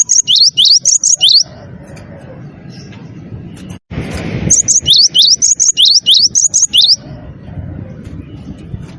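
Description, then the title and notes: Bird song of rapid high chirped phrases in two long bursts, the second lasting over two seconds, with a break of low noise between. Melodious bird sound used as a phone ringtone. "ND Burung. Nada Dering Burung Dengan Suara Merdu"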